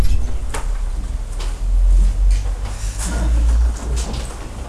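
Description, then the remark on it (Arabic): A door is pushed shut, with a few dull knocks and a scraping rattle over a steady low rumble; no one speaks. “لا يوجد أحد الآن يعني إغلاق الباب لا فائدة منه.”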